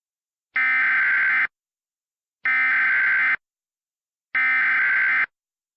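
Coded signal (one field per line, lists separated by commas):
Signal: Emergency Alert System (SAME) tones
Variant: header bursts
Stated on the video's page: Reconstructed real EAS alerts with valid tones from the North Dallas EF3 tornado.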